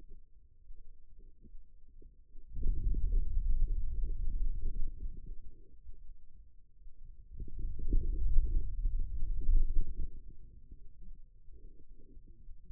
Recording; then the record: forearm muscle sounds (acoustic myography)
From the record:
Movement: hand closing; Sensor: system 2, bracelet of six BSWA MPA416 microphones around the upper forearm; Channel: 4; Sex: male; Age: 22 years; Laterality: right